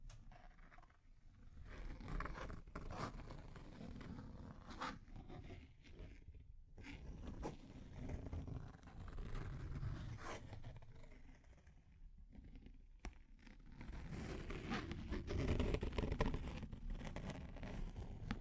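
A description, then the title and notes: Deep scratching fills the clip with dense, rough rasping that stays heavy in the low end and keeps going almost without pause. Sharp clicks and brief bright scrapes cut through every second or so, with short quieter gaps near 1, 6.5 and 12 seconds. ASMR Deep Scratching. (No Talking).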